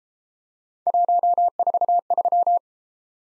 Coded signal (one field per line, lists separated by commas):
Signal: Morse code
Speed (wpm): 32 wpm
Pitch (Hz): 700 Hz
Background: none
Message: 143